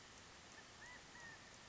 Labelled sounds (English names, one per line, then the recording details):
California Quail
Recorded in Sonoma County, California